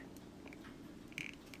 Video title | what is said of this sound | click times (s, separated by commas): The Model Ship - Part 2218 | make it go a little easier actually with the wet fit there we go it's locked into place | 1.2 s